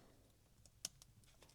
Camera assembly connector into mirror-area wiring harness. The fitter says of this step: Snaps in place.